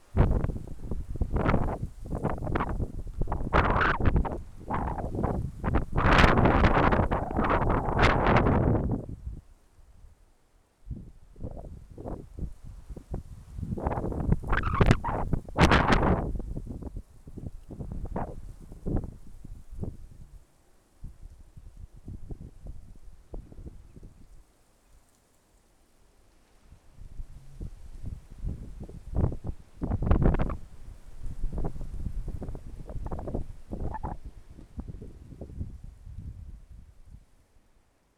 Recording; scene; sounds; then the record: everyday scene through a hearing-aid microphone; wind on the microphone; wind, traffic, birds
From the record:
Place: suburban garden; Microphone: behind the ear, left, rear